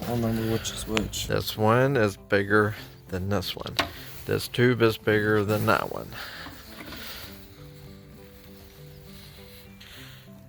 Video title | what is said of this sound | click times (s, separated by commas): Reinstalling Rear Fuel Tank Back into your 1992-97 OBS Ford F150 | You just slide them on there until you hear a click. It's not going on. | none